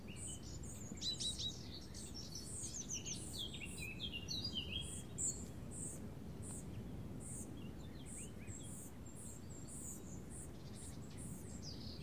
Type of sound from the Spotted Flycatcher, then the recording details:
call. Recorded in the wild. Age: juvenile. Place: Tiuccia, Corsica, FR. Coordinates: 42.0761, 8.74361. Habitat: Macchia. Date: 2011-07-14. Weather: sunny, 20°C, weak wind. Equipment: Zoom H2, rear micophones. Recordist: Frommolt, Karl-Heinz